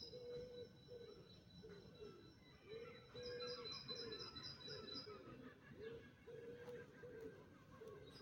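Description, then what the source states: Birds: a dawn chorus with a low note repeated at a steady pace throughout, joined midway by a run of high, rapid chirps, over a steady background rumble. Dawn chorus recorded in 2024.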